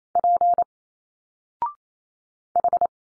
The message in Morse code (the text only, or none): P H